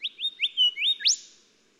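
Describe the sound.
Golden whistler song: several bright, rising whistled notes linked together, finishing in a dipping note that snaps upward and fades.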